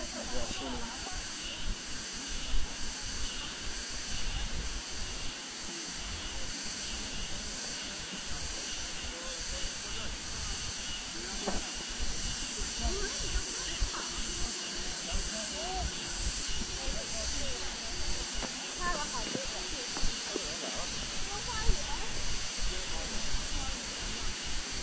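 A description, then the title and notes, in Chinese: Cicadas after rain at Nanjing's Ming Xiaoling keep up a steady, dense high-pitched drone that barely changes for the whole 25 seconds. Faint voices and brief calls surface now and then, over a soft low rumble underneath. 坐落在南京紫金山独龙阜玩珠峰下，东毗中山陵，南临梅花山。南京明孝陵的雨后蝉鸣。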